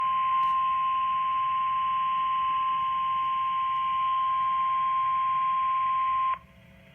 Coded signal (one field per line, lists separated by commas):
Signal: Emergency Alert System (SAME) tones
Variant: 1050 Hz attention tone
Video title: Fail And Success - Required Weekly Tests | EAS #113 & #114